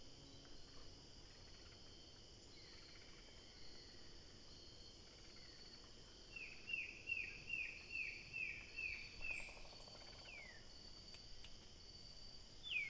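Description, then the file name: Bird calling a fast series of several sharp, downward-slurred high notes after a quiet stretch, then a few longer falling notes, with constant insect hiss behind. "SABIOD 50 bird 2015"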